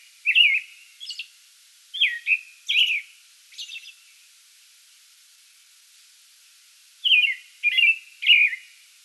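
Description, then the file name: American robin giving whistled caroling phrases with shrill high notes, a burst of song, a silent gap of about three seconds, then three more phrases. Pre-dawn song bout recorded 8 May 2022. "2022-05-08 American Robin pre-dawn song bout"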